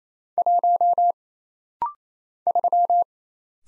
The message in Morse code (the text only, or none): 1 3